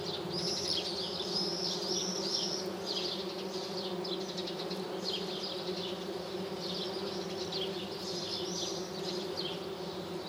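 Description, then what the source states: Bees, flies and hoverflies (mixed) making an unbroken swarm drone, layered humming tones holding steady. Thousands or millions of insects foraging on flowering lime trees, village square, Lesches-en-Diois, France, 1 July 2018, 6:55 am, no wind, 18-20 °C, after dawn chorus, two MKH 8020 microphones, Nagra Seven.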